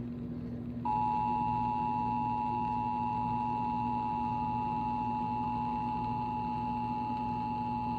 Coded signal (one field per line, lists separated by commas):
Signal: Emergency Alert System (SAME) tones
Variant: 853 and 960 Hz attention tone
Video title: Flash Flood Warning for Tarrant, TX on KTFW-FM (EAS #202)